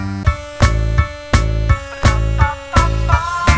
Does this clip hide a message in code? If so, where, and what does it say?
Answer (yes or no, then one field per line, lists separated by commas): no